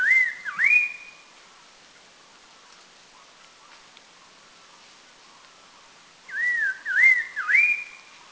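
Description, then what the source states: Red-faced Liocichla giving a wavering whistled phrase that rises at its end, then a pause of about five seconds before the phrase repeats. Recorded at Doi Lang, northern Thailand.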